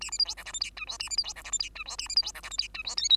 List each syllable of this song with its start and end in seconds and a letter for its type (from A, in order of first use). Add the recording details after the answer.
0.01-0.11 A, 0.11-0.18 B, 0.18-0.25 C, 0.25-0.35 D, 0.37-0.44 E, 0.45-0.53 F, 0.53-0.60 G, 0.60-0.70 H, 0.76-0.85 I, 0.87-0.98 J, 0.99-1.09 A, 1.10-1.17 B, 1.17-1.23 C, 1.24-1.33 D, 1.36-1.43 E, 1.44-1.51 F, 1.52-1.58 G, 1.59-1.70 H, 1.75-1.84 I, 1.85-1.97 J, 1.98-2.08 A, 2.09-2.15 B, 2.16-2.22 C, 2.22-2.32 D, 2.34-2.42 E, 2.43-2.50 F, 2.50-2.57 G, 2.58-2.68 H, 2.74-2.83 I, 2.84-2.96 J, 2.97-3.09 K, 3.10-3.16 L. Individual Bird2